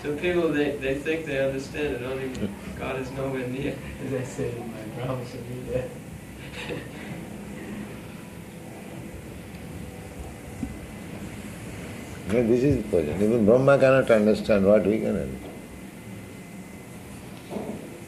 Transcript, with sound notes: So people they, they think they understand it, only God is nowhere near. [laughing with Prabhupāda]
"As I said in my Brahma-samhitā." [laughs]
Now this is the position. Even Brahmā cannot understand, what we can understand?